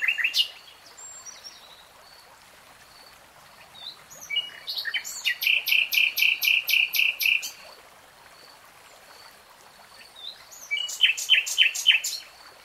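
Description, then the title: Nightingale singing a rich phrase: a few introductory notes, then a long run of loud, evenly repeated pulses, a silence, and another strong repeated burst. Singing in real time. "[Tiếng chim hót] 3 Hours REALTIME Nightingale Singing"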